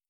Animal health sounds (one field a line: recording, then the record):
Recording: hydrophone in a shrimp aquaculture tank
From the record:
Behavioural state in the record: feeding